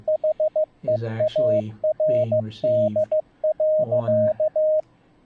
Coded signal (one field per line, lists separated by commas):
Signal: Morse code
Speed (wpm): 15 wpm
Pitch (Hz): 620 Hz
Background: speech, radio noise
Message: HEARD.